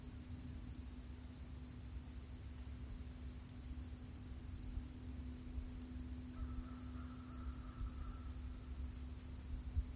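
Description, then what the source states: Continuous cricket trill, high and even throughout, with a thin faint tone appearing in the latter half. Recorded at the edge of a field on Thursday, August 31, 2023, the last day of August, about 12 miles from where E.B. White's crickets lived.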